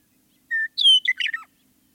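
Western meadowlark song, a short phrase: one steady whistle, a louder sliding whistle, then a quick gurgling flourish ending on a falling note.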